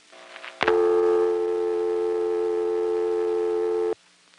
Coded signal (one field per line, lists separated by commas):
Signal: telephone call progress tone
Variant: North America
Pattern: dial tone